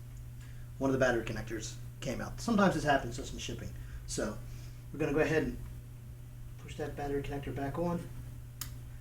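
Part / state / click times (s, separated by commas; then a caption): battery connector onto UPS battery terminal / seated / 8.6 s. A loose battery connector, knocked off in shipping, is pushed back onto its battery terminal inside an APC Smart-UPS rackmount unit while someone talks. One sharp click sounds at 8.6 s as the connector seats and holds tight.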